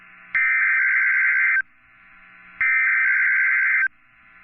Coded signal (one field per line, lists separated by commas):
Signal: Emergency Alert System (SAME) tones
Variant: header bursts